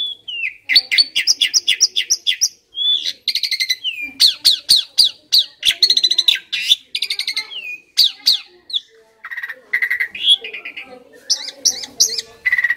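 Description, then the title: Asian pied starling song: dense chattering phrases of buzzy, rapidly repeated whistles and slurred notes, loud and nearly continuous. Masteran (training recording) of Asian pied starling song, said to be powerful and effective for birds that sing too little or are sluggish. "Masteran Jalak Suren Atasi Burung KURANG GACOR Dan LOYO"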